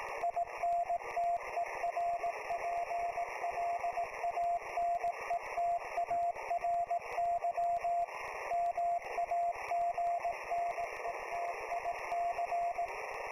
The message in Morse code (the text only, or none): INTERPLANETARY MAGNETIC